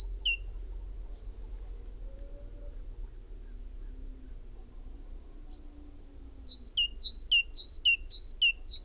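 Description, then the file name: Great tit: long quiet stretch, then a great tit begins a rapid, regular run of high whistled notes alternating with lower ones near the end. "Parus major"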